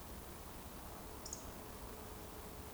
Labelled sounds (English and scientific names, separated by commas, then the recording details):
Eurasian Woodcock (Scolopax rusticola) whistle
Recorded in Baden-Württemberg, Germany, on 24 June 2020 at 20:31 UTC
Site 14569, 102 m above sea level